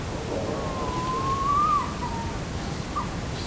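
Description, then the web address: Tawny owl giving a single drawn-out hoot that rises slightly, then drops and fades, over steady background noise. Tawny owl in flight in nature, at night around 02:30 in Perkupa, 2015. "allathangok termeszetben macskabagoly 2015 mozgasbanlevomadar ejszaka perkupa"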